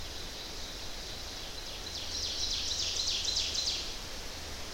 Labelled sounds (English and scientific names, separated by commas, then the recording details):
Ovenbird (Seiurus aurocapilla) song
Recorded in boreal forest in Alberta, Canada, on 10 June 2016 at 08:57
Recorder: SongMeter 3, array SBT-3-39
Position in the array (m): 270 m, 158 m
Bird 19